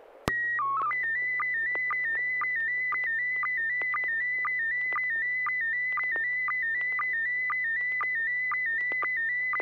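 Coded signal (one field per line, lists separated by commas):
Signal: SSTV (slow-scan television)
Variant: PD 120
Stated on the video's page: SSTV images sent during a weekly amateur SSTV net on an FM repeater at 441.300 MHz, using MMSSTV software.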